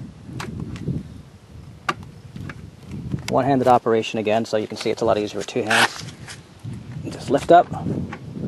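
A folded metal Yakima Stickup hitch-mounted bike rack is lifted upright against the back of a Subaru Forester Turbo, with its tilt pin being worked toward latching in the upright position. Someone talks over scattered light knocks and rattles of handling. The rack is handled but not yet home, and nothing has seated or clicked yet.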